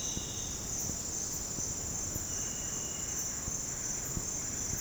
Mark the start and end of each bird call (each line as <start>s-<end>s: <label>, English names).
0.00s-0.76s: White-browed Antbird
1.97s-4.81s: Buff-breasted Wren